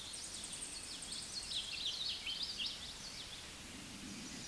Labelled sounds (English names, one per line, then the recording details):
Common Yellowthroat song
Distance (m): 55 m
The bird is about 15 m above the microphone
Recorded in a Pennsylvania forest on 16 May 2024 at 08:57
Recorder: AudioMoth, point MSD-1307
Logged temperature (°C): 16.6 °C
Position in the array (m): 242 m, 171 m